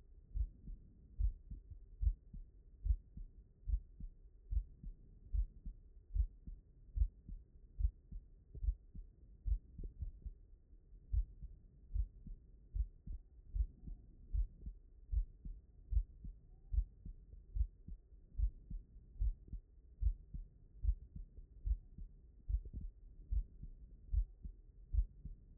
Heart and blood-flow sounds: heart sounds by stethoscope; mitral valve (MV)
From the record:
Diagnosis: non-HFrEF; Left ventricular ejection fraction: 65%

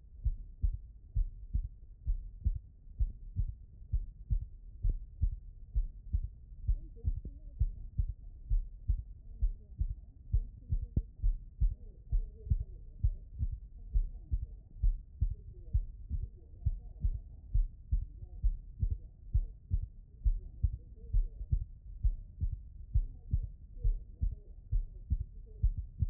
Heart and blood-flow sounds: heart sounds by stethoscope; pulmonary valve (PV)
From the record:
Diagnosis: non-HFrEF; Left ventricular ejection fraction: 61%

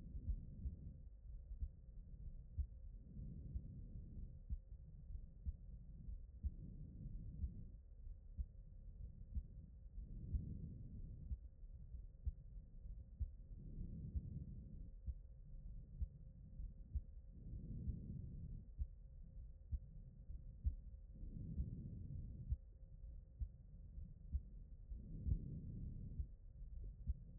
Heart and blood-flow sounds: heart sounds by stethoscope; pulmonary valve (PV)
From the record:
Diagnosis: non-HFrEF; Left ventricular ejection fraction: 62%

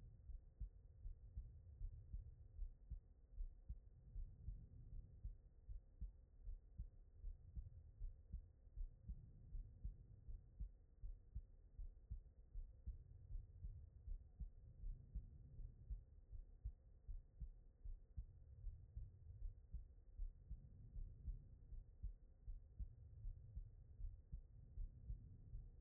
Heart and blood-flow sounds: heart sounds by stethoscope; aortic valve (AV)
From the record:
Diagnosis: non-HFrEF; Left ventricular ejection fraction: 60%

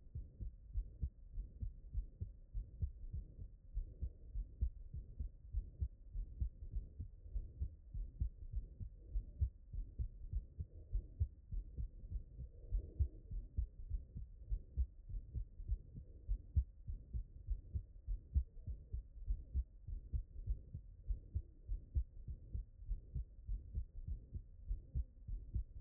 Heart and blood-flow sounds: heart sounds by stethoscope; tricuspid valve (TV)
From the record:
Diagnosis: HFrEF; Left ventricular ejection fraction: 28%

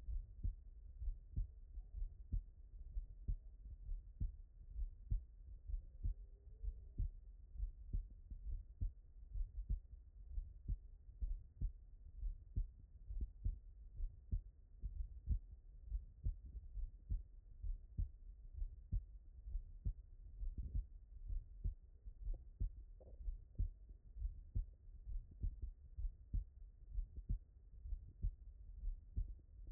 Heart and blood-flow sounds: heart sounds by stethoscope; tricuspid valve (TV)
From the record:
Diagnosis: non-HFrEF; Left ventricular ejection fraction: 69%

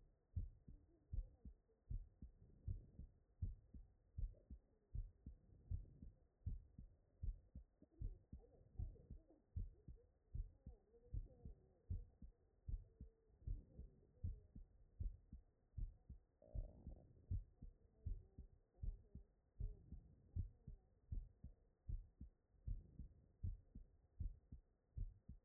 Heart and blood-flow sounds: heart sounds by stethoscope; tricuspid valve (TV)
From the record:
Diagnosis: non-HFrEF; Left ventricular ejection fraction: 69%

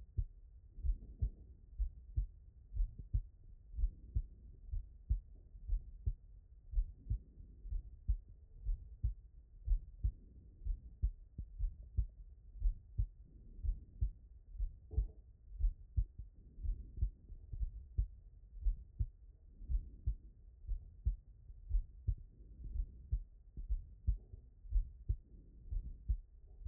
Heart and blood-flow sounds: heart sounds by stethoscope; tricuspid valve (TV)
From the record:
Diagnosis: non-HFrEF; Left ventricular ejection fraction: 62%

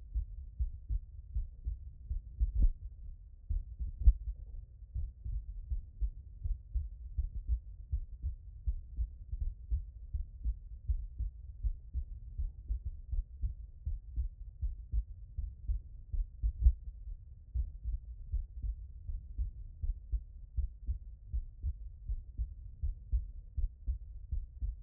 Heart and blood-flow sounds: heart sounds by stethoscope; tricuspid valve (TV)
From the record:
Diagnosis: non-HFrEF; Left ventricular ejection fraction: 72%

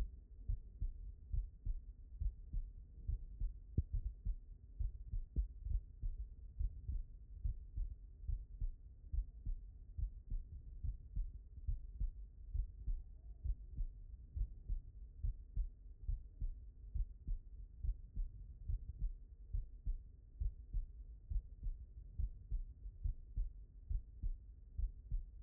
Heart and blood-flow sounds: heart sounds by stethoscope; tricuspid valve (TV)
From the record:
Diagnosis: non-HFrEF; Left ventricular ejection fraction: 67%

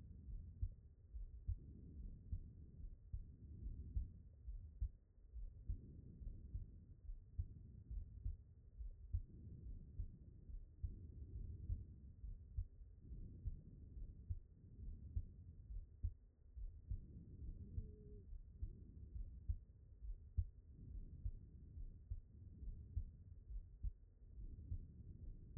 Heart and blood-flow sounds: heart sounds by stethoscope; aortic valve (AV)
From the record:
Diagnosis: non-HFrEF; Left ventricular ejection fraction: 57%

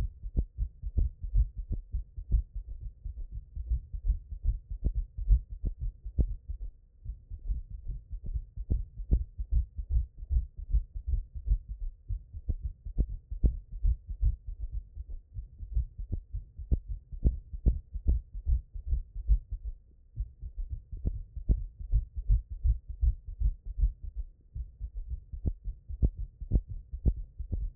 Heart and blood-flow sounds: heart sounds by stethoscope; mitral valve (MV)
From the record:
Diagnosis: HFrEF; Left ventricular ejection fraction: 22%

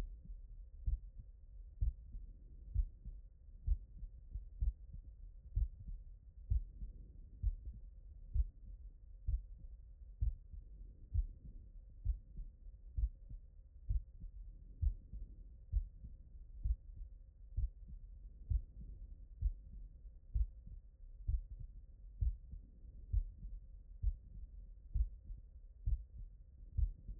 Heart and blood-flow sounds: heart sounds by stethoscope; tricuspid valve (TV)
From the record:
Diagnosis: non-HFrEF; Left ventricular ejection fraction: 66%

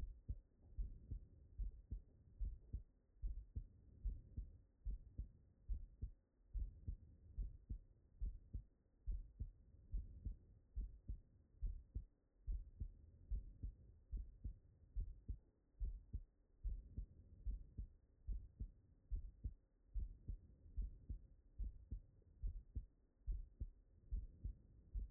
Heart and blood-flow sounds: heart sounds by stethoscope; tricuspid valve (TV)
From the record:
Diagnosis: non-HFrEF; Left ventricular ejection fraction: 75%

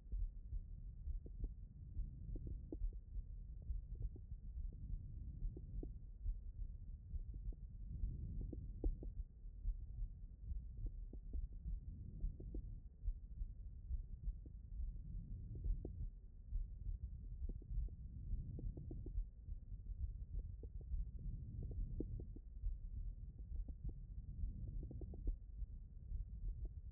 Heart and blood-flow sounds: heart sounds by stethoscope; aortic valve (AV)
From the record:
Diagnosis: non-HFrEF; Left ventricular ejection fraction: 55%

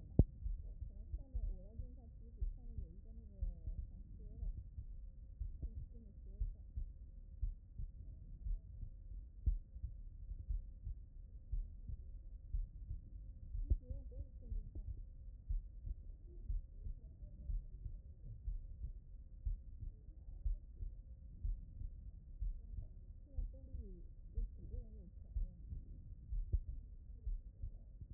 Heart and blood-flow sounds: heart sounds by stethoscope; pulmonary valve (PV)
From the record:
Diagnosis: non-HFrEF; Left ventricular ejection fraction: 67%

